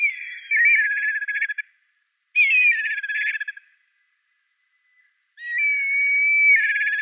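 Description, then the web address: Black kite giving three tremulous whinnies in quick succession, each a shrill whistle dissolving into fast stuttering notes, with short silent gaps between them. "Schulze Peter Black Kite"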